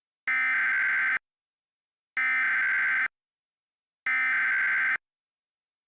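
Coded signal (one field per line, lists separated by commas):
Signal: Emergency Alert System (SAME) tones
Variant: header bursts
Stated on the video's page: Fictional EAS scenario using valid EAS tones.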